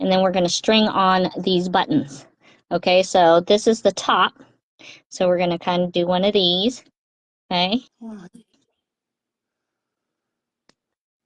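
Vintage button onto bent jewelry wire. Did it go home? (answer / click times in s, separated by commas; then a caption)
yes / 10.7 s. While making jewelry, someone talks as a vintage button is strung onto a bent jewelry wire and pressed home. After a few seconds of quiet, a single sharp, short click is heard at 10.7 s as the button snaps into place on the wire, seated.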